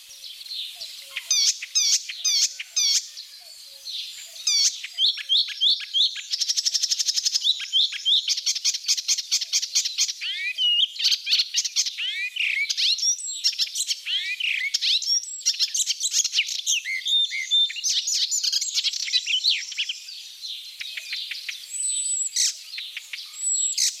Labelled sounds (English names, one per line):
Icterine Warbler song